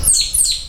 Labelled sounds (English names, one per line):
Stitchbird song